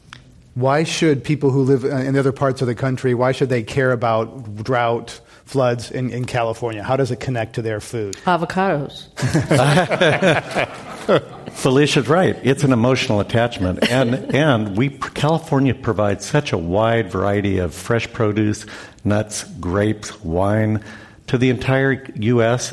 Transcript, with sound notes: Why should people who live in other parts of the country, why should they care about drought, floods in California. How does it connect to their food?
Avocados.
[Laughter]
Felicia's right. It's an emotional attachment. And California provides such a wide variety of fresh produce nuts, grapes, wine to the entire U.S.